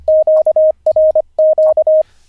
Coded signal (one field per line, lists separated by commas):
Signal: Morse code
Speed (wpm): 25 wpm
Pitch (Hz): 620 Hz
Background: radio noise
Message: QRQ